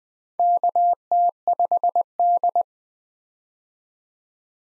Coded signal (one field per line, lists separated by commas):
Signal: Morse code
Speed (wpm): 20 wpm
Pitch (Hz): 700 Hz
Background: none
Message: KT5D